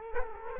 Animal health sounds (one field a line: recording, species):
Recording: mosquito wingbeat signal from an infrared sensor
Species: Culex quinquefasciatus